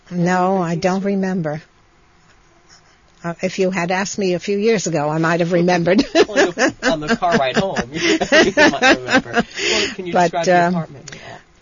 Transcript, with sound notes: Well, no I don't remember. If you had asked me a few years ago I might have remembered. (She laughs)
On the car ride home you might remember. Can you describe the apartment at all?